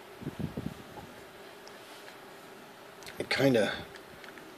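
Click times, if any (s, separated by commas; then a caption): none. A securing screw is driven into the body of a photo-etch bender but fails to thread in and sits wonky, cross-threaded, so nothing has seated or clicked. Someone talks in short bursts near the start and again around 3.2–3.7 s over a steady low hum, with faint brief ticks at about 1.7 s, 3.1 s and 4.2–4.4 s.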